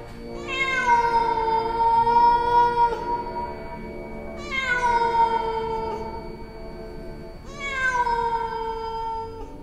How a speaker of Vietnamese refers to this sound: Đứa bé kêu lên những tiếng như là con mèo rồi lập tức biến mất. Trong đêm tối, cái tiếng kêu của nó vang lên như là tiếng mèo kêu vậy.